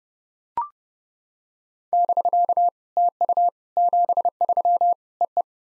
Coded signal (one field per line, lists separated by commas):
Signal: Morse code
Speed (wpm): 30 wpm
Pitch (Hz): 700 Hz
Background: none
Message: <BK> TU 73 EE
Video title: SOTA QSO Practice 30wpm